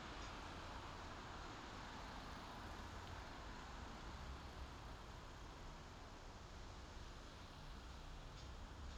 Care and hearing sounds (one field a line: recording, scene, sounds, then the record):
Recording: everyday scene through a hearing-aid microphone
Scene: in traffic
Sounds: traffic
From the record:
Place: main city hub, rush hour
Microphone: in the ear canal, left